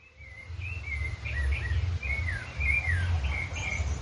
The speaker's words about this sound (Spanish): Estamos escuchando un contrapunto de distintos pájaros.